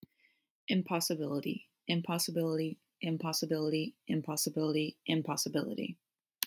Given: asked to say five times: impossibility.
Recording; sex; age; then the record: repeated word; female; 20 to 29 years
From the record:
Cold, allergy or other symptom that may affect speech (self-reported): no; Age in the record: 20 years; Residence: North Carolina, United States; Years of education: 14